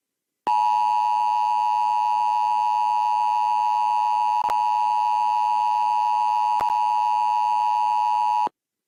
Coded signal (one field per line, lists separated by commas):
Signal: Emergency Alert System (SAME) tones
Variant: 853 and 960 Hz attention tone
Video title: KOPB Kids Monthly EAS Alert